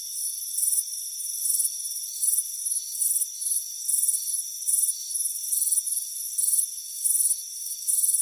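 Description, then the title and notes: High cricket chirps repeat in quick trilled bursts, some closely paired, over a continuous faint whining drone. "Soothing Crickets Chirping Sound. It's a warm afternoon as you relax in a hammock on the front porch. the soothing sound of chirping crickets. Deep Sleep Sounds"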